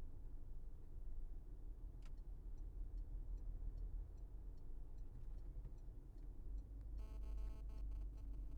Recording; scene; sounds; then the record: everyday scene through a hearing-aid microphone; in a vehicle; engine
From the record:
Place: Berlingo II, diesel engine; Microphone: behind the ear, left, rear